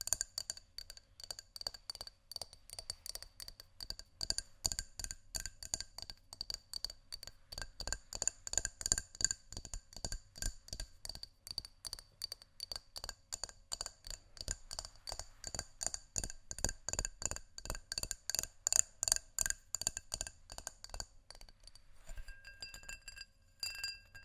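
Textured glass is scratched and tapped in quick, uneven strokes that run almost without pause for about 22 seconds, each stroke a sharp, bright rasp with ringing high tones. Near the end the strokes thin out, leaving a few lighter clinks.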